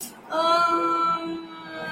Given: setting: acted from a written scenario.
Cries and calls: vocal sound without words; sadness

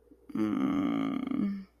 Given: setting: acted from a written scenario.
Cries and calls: vocal sound without words; disappointment

